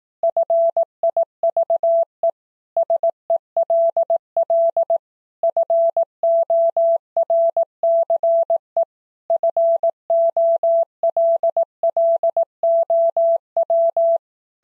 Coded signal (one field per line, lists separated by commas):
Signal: Morse code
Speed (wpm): 18 wpm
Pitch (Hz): 670 Hz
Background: none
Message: FIVE SELL FORCE FOLLOW